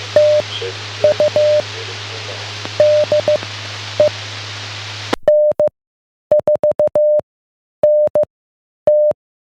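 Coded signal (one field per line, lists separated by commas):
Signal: Morse code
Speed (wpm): 15 wpm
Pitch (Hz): 600 Hz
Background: none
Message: TU DE N4NT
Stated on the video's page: Weekly amateur radio net on the 443.000 repeater.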